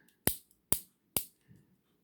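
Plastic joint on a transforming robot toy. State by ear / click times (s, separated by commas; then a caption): seated / 0.3 s, 0.7 s, 1.2 s. A plastic joint on a 2004 Transformers Energon Slugslinger and Sharkticon robot toy is turned or pushed through three loud, sharp ratchet clicks at 0.3, 0.7 and 1.2 seconds to form its weapon mode. Faint ticks come before and between the clicks, and a soft low rustle follows at about 1.5 seconds. The part seats in weapon mode.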